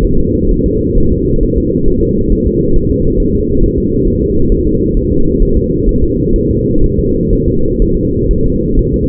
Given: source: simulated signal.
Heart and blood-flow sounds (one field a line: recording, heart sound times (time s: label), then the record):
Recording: fetal heart sounds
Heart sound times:
0.05 s: S1
0.19 s: S2
0.51 s: S1
0.66 s: S2
0.98 s: S1
1.12 s: S2
1.43 s: S1
1.58 s: S2
1.88 s: S1
2.03 s: S2
2.33 s: S1
2.47 s: S2
2.76 s: S1
2.91 s: S2
3.20 s: S1
3.35 s: S2
3.64 s: S1
3.78 s: S2
4.07 s: S1
4.22 s: S2
4.52 s: S1
4.67 s: S2
4.97 s: S1
5.12 s: S2
5.43 s: S1
5.57 s: S2
5.89 s: S1
6.04 s: S2
6.36 s: S1
6.51 s: S2
6.84 s: S1
6.99 s: S2
7.33 s: S1
7.48 s: S2
7.82 s: S1
7.97 s: S2
8.31 s: S1
8.46 s: S2
8.79 s: S1
8.94 s: S2
From the record:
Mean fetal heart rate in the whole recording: 130 bpm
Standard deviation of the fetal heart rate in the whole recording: 4 bpm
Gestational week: 38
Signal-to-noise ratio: -16.4 dB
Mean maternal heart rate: 72 bpm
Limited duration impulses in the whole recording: present